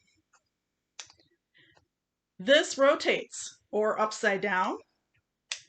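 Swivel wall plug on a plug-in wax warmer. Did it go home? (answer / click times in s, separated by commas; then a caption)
yes / 5.5 s. The swivel wall plug on a plug-in wax warmer is turned to a new orientation so it can fit outlets installed sideways or upside down. Someone talks, with a few faint ticks around 1.0 s. A sharp snap at 5.5 s marks the plug head locking into position.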